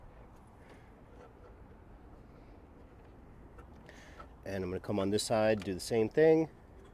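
An aftermarket daytime running light trim piece is being lined up against the front bumper fascia clips on a Juniper, its second side handled with a few faint taps around 3.6, 3.9 and 4.2 seconds. Someone then talks over the low background hum. Nothing has seated or clicked yet.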